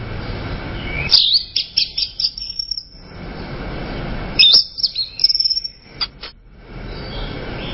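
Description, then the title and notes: Bird song in two bursts of high chirps and quick twitters, with a steady hiss in between. "Bird Sound. Kicau Burung Lengkap"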